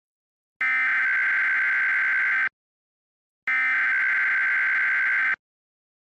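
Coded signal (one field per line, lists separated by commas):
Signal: Emergency Alert System (SAME) tones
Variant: header bursts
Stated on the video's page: Fictional EAS scenario on a recreated Xfinity DASDEC-II cable screen.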